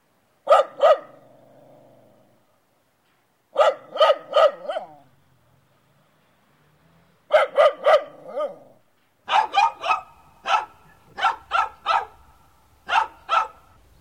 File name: dog